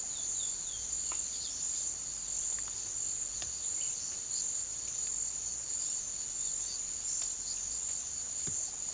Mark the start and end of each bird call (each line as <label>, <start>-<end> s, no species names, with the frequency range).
bird call (2.3-5.2 kHz), 0.00-0.88 s